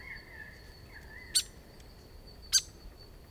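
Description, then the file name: Grey fantail producing two crisp, sharp chip notes about 1.2 seconds apart, preceded by faint drawn-out tones and a constant high whine. "Rhipidura Albiscapa"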